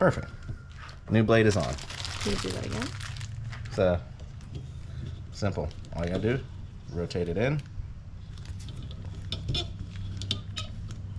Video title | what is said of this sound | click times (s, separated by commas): 2014-2018 Subaru Forester Windshield Wiper Blade Replacement | and it pops right in | 10.3 s